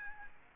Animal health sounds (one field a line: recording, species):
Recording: mosquito wingbeat signal from an infrared sensor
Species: Aedes aegypti